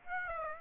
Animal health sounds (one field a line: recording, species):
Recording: mosquito wingbeat signal from an infrared sensor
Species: Aedes aegypti